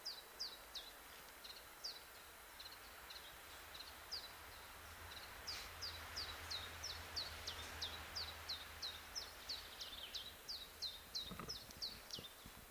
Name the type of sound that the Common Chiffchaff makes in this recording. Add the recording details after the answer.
song. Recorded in the wild. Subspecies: abietinus. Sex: male. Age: adult. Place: Erikslund, Medelpad, Västernorrlands län, SE. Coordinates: 62.5267, 15.9128. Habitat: spruce. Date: 1971-07-12. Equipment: Nagra III PH, MD 211. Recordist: Schneider, Hans-Joachim